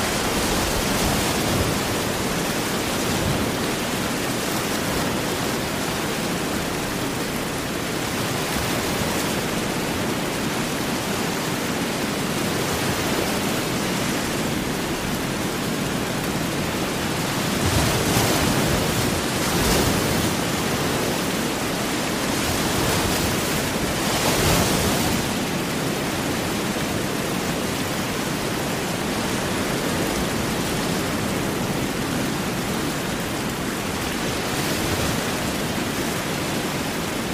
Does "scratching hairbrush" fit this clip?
no